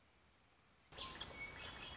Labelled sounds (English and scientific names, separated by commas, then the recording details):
Red-winged Blackbird (Agelaius phoeniceus)
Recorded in Sonoma County, California